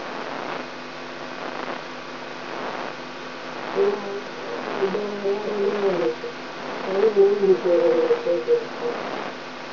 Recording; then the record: brain microelectrode recording played as sound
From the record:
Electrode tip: inside the subthalamic nucleus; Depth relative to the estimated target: -2.8 mm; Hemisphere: right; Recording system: AlphaMap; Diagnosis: Parkinson's disease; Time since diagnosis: 16 years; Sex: female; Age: 67 years